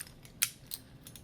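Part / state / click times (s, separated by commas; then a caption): deadbolt in a travel trailer entrance door lock / seated / 0.4 s. After the loose connecting bar and plate are reinstalled and its two screws tightened, a key is turned in the repaired deadbolt of a 2011 KZ Durango travel trailer entrance door lock, which had been loose and had stopped working. The metal deadbolt throws with one crisp mechanical click at 0.4 s, with fainter ticks around it. The deadbolt seats into the locked position.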